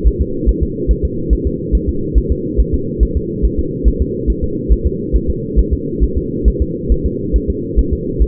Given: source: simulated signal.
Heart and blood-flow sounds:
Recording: fetal heart sounds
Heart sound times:
0.08 s: S1
0.22 s: S2
0.49 s: S1
0.63 s: S2
0.91 s: S1
1.05 s: S2
1.33 s: S1
1.47 s: S2
1.75 s: S1
1.89 s: S2
2.18 s: S1
2.32 s: S2
2.60 s: S1
2.74 s: S2
3.03 s: S1
3.17 s: S2
3.45 s: S1
3.59 s: S2
3.88 s: S1
4.02 s: S2
4.30 s: S1
4.44 s: S2
4.73 s: S1
4.87 s: S2
5.16 s: S1
5.30 s: S2
5.59 s: S1
5.73 s: S2
6.03 s: S1
6.18 s: S2
6.48 s: S1
6.62 s: S2
6.92 s: S1
7.06 s: S2
7.36 s: S1
7.50 s: S2
7.79 s: S1
7.93 s: S2
8.22 s: S1
From the record:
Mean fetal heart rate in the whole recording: 140 bpm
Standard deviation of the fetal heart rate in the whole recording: 2 bpm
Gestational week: 34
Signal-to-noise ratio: -6.6 dB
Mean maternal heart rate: 72 bpm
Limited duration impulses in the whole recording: present

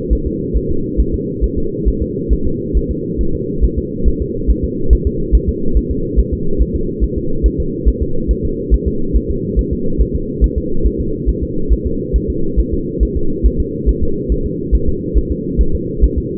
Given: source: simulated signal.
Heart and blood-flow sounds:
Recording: fetal heart sounds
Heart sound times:
0.13 s: S1
0.27 s: S2
0.57 s: S1
0.71 s: S2
1.00 s: S1
1.14 s: S2
1.44 s: S1
1.58 s: S2
1.88 s: S1
2.02 s: S2
2.33 s: S1
2.47 s: S2
2.77 s: S1
2.91 s: S2
3.21 s: S1
3.35 s: S2
3.64 s: S1
3.78 s: S2
4.08 s: S1
4.22 s: S2
4.50 s: S1
4.64 s: S2
4.93 s: S1
5.07 s: S2
5.35 s: S1
5.49 s: S2
5.77 s: S1
5.91 s: S2
6.19 s: S1
6.33 s: S2
6.61 s: S1
6.75 s: S2
7.04 s: S1
7.18 s: S2
7.46 s: S1
7.60 s: S2
7.88 s: S1
8.02 s: S2
8.31 s: S1
8.45 s: S2
8.74 s: S1
8.88 s: S2
9.16 s: S1
9.30 s: S2
9.59 s: S1
9.73 s: S2
10.02 s: S1
10.16 s: S2
10.44 s: S1
10.58 s: S2
10.86 s: S1
11.00 s: S2
11.29 s: S1
11.43 s: S2
11.72 s: S1
11.86 s: S2
12.16 s: S1
12.30 s: S2
12.60 s: S1
12.74 s: S2
13.03 s: S1
13.17 s: S2
13.46 s: S1
13.60 s: S2
13.89 s: S1
14.03 s: S2
14.32 s: S1
14.46 s: S2
14.75 s: S1
14.89 s: S2
15.17 s: S1
15.31 s: S2
15.61 s: S1
15.75 s: S2
16.04 s: S1
16.18 s: S2
From the record:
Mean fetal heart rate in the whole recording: 140 bpm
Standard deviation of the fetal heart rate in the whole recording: 2 bpm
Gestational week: 34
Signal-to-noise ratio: -8.1 dB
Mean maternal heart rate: 72 bpm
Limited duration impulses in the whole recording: present

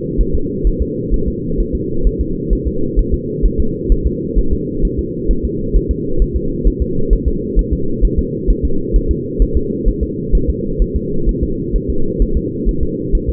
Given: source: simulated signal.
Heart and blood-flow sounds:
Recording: fetal heart sounds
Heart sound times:
0.21 s: S1
0.35 s: S2
0.67 s: S1
0.82 s: S2
1.14 s: S1
1.28 s: S2
1.60 s: S1
1.75 s: S2
2.07 s: S1
2.21 s: S2
2.53 s: S1
2.67 s: S2
2.99 s: S1
3.14 s: S2
3.46 s: S1
3.60 s: S2
3.92 s: S1
4.07 s: S2
4.38 s: S1
4.53 s: S2
4.85 s: S1
4.99 s: S2
5.31 s: S1
5.45 s: S2
5.76 s: S1
5.91 s: S2
6.22 s: S1
6.36 s: S2
6.67 s: S1
6.82 s: S2
7.13 s: S1
7.28 s: S2
7.59 s: S1
7.73 s: S2
8.05 s: S1
8.19 s: S2
8.50 s: S1
8.65 s: S2
8.96 s: S1
9.11 s: S2
9.42 s: S1
9.57 s: S2
9.88 s: S1
10.03 s: S2
10.35 s: S1
10.49 s: S2
10.82 s: S1
10.96 s: S2
11.29 s: S1
11.43 s: S2
11.76 s: S1
11.90 s: S2
12.22 s: S1
12.37 s: S2
12.69 s: S1
12.83 s: S2
13.15 s: S1
13.29 s: S2
From the record:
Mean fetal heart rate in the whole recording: 130 bpm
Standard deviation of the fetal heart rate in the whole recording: 2 bpm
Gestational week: 36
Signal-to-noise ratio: -8.1 dB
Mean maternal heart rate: 72 bpm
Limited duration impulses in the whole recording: absent

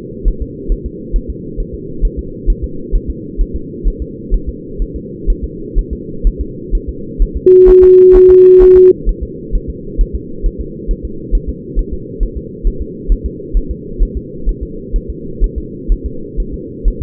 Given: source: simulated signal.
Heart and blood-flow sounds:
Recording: fetal heart sounds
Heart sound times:
0.28 s: S1
0.42 s: S2
0.72 s: S1
0.86 s: S2
1.16 s: S1
1.30 s: S2
1.60 s: S1
1.74 s: S2
2.05 s: S1
2.19 s: S2
2.50 s: S1
2.64 s: S2
2.96 s: S1
3.10 s: S2
3.41 s: S1
3.56 s: S2
3.88 s: S1
4.02 s: S2
4.34 s: S1
4.49 s: S2
4.82 s: S1
4.96 s: S2
5.30 s: S1
5.44 s: S2
5.79 s: S1
5.93 s: S2
6.27 s: S1
6.41 s: S2
6.75 s: S1
6.89 s: S2
7.22 s: S1
7.37 s: S2
7.69 s: S1
7.84 s: S2
8.16 s: S1
8.30 s: S2
8.62 s: S1
8.77 s: S2
9.09 s: S1
9.23 s: S2
9.55 s: S1
9.70 s: S2
10.01 s: S1
10.15 s: S2
10.46 s: S1
10.61 s: S2
10.91 s: S1
11.05 s: S2
11.35 s: S1
11.49 s: S2
11.79 s: S1
11.93 s: S2
12.23 s: S1
12.37 s: S2
12.67 s: S1
12.82 s: S2
13.12 s: S1
13.26 s: S2
13.57 s: S1
13.71 s: S2
14.03 s: S1
14.17 s: S2
14.49 s: S1
14.63 s: S2
14.96 s: S1
15.10 s: S2
15.44 s: S1
15.58 s: S2
15.92 s: S1
16.06 s: S2
16.40 s: S1
16.54 s: S2
16.88 s: S1
17.02 s: S2
From the record:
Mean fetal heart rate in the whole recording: 130 bpm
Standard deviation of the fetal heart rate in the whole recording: 4 bpm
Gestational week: 38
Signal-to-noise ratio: -4.3 dB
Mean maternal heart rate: 72 bpm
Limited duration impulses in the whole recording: present

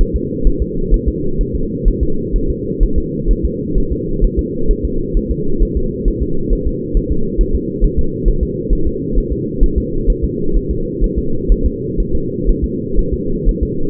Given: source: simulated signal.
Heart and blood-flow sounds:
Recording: fetal heart sounds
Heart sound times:
0.01 s: S1
0.16 s: S2
0.47 s: S1
0.62 s: S2
0.94 s: S1
1.08 s: S2
1.41 s: S1
1.55 s: S2
1.88 s: S1
2.03 s: S2
2.36 s: S1
2.50 s: S2
2.83 s: S1
2.98 s: S2
3.31 s: S1
3.45 s: S2
3.78 s: S1
3.92 s: S2
4.25 s: S1
4.39 s: S2
4.71 s: S1
4.85 s: S2
5.17 s: S1
5.31 s: S2
5.63 s: S1
5.77 s: S2
6.08 s: S1
6.23 s: S2
6.53 s: S1
6.67 s: S2
6.97 s: S1
7.12 s: S2
7.41 s: S1
7.55 s: S2
7.84 s: S1
7.99 s: S2
8.28 s: S1
8.43 s: S2
8.73 s: S1
8.87 s: S2
9.18 s: S1
9.32 s: S2
9.63 s: S1
9.78 s: S2
10.10 s: S1
10.24 s: S2
10.57 s: S1
10.71 s: S2
11.04 s: S1
11.19 s: S2
11.52 s: S1
11.66 s: S2
12.00 s: S1
12.15 s: S2
12.49 s: S1
12.64 s: S2
12.99 s: S1
13.14 s: S2
13.49 s: S1
13.63 s: S2
From the record:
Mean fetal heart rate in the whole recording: 130 bpm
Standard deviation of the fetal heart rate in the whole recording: 4 bpm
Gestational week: 38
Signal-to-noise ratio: -8.1 dB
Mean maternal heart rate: 72 bpm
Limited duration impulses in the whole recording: absent

